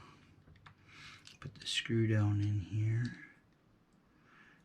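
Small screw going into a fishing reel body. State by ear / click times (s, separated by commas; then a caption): not seated / none. A small metal screw is placed into its hole in the body of a Silstar DF70 spinning reel and lined up before it is started straight and snugged. Light ticks and taps are heard between about 0.6 and 1.6 seconds, then someone talks. Nothing has seated or clicked yet.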